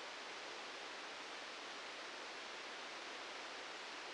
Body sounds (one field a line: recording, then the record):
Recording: brain microelectrode recording played as sound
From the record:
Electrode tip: outside the subthalamic nucleus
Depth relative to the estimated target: 3 mm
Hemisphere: left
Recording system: NeuroSet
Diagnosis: Parkinson's disease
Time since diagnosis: 8 years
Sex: male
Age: 58 years